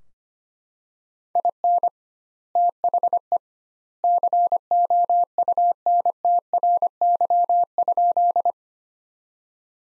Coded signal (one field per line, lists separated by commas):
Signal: Morse code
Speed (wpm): 25 wpm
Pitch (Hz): 700 Hz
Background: none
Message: IN THE COUNTRY?